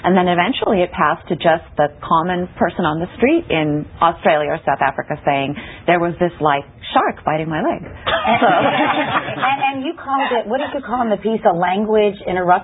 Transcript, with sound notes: And then eventually it passed to just the common person on the street in Australia or South Africa saying, 'There was this, like, shark biting my leg.' [laughter]
"And you called it, what did you call it in the piece, a language interrupter?